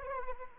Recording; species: mosquito wingbeat signal from an infrared sensor; Anopheles arabiensis